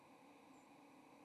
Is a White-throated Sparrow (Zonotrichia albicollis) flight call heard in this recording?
no